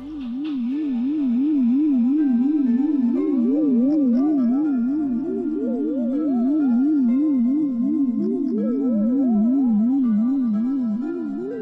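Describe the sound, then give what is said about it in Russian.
A wavy croaker fish hums underwater in a continuous low, warbling drone that wobbles steadily in pitch, joined after a few seconds by a second, higher wavering hum. No one speaks. “Волнистый горбыль гудит.”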